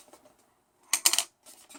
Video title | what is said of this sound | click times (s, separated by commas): Glovion 2-in-1 Vivid Earth Pattern Night Light and Multiple Projections Night Lamp | twist it until it locks. | 0.9 s, 1.1 s